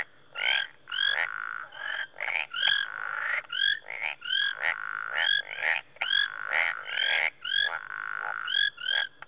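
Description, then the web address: Marsh and tree frogs calling: a dense chorus of overlapping calls, many bright two-tone pulsed notes in quick succession, with a steady high whine throughout. Marsh frogs and tree frogs in Rwanda, Africa. "BBC Sound Effects Library. Rwanda, Marsh And Tree Frogs"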